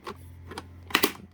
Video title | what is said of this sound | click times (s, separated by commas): Shark Rotator Lift-Away ADV Unboxing & Assembly Tutorial (LA500) DuoClean PowerFins | and that Clips right back on | 0.9 s